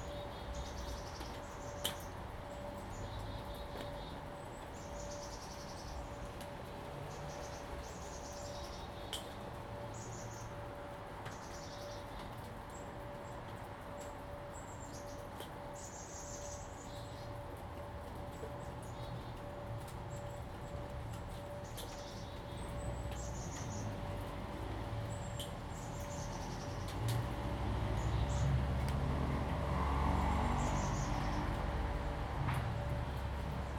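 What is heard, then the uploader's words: A thunderstorm in Salem, Oregon, from the Lava Lamp Lounge patio: a steady low rumble runs throughout under a constant humming tone. Short high chirps and faint clicks recur often, and near 27 seconds a deeper rolling rumble swells up to the end. Salem Oregon thunderstorm, recorded live from the Lava Lamp Lounge patio. The storm began at roughly 4:30 PM. This is a raw audio recording, made with a ZOOM H2n Recorder.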